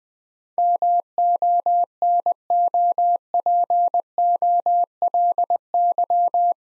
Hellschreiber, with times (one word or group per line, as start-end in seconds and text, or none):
none